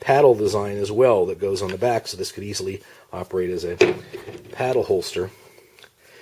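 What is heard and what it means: Someone talks while handling a pistol and a Blackhawk Serpa 2 plastic retention holster with a paddle on the back and a mechanical lock. The pistol has not yet seated or locked into the holster, and the speech ends with a brief faint sound near 5.8 seconds.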